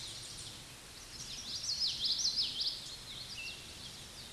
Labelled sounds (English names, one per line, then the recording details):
Common Yellowthroat song
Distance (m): 15 m
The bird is about 5 m below the microphone
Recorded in a Pennsylvania forest on 16 May 2024 at 09:50
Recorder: AudioMoth, point MSD-1418
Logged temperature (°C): 16.4 °C
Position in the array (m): 224 m, 186 m